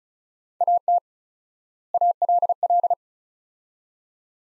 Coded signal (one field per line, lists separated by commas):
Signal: Morse code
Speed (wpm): 34 wpm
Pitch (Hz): 700 Hz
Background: none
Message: AT ALL